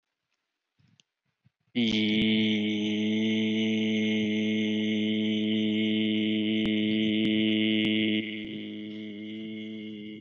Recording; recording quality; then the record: sustained vowel as in beet; excellent, no background noise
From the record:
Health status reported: healthy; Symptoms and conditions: cold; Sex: male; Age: 29 years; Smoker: no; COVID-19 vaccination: one dose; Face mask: not worn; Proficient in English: yes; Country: India